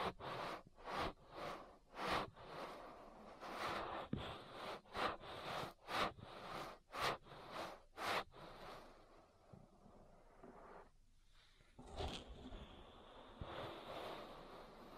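Ear massage sounds: quick rubbing strokes repeat about twice a second for the first eight seconds, each a crisp scratchy swish. The strokes then stop, a brief near-silence follows around eleven seconds, and a softer, continuous hissing rub with a faint thin whine carries to the end.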